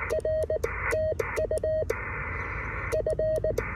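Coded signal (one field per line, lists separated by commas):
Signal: Morse code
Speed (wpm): 19 wpm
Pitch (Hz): 630 Hz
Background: radio noise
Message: R TU F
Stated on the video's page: CW Parks on the Air activation, QRP, likely on an SW-3B or SG-2020 keyed with a Vibroplex Brass Racer paddle.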